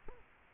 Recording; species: mosquito wingbeat signal from an infrared sensor; Aedes aegypti